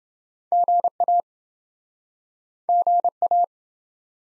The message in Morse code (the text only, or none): GA GA